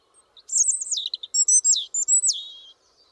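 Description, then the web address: European robin song: a loud, clear phrase of high warbles, thin rising and falling whistles and a final drawn-out descending note. "Deverinetal 2025 File origin Bird Only Er Ru"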